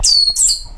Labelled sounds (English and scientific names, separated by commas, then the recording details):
Stitchbird (Notiomystis cincta) song
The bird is a male
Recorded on Tiritiri Matangi Island, New Zealand, in 2005
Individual 22, of nest box 31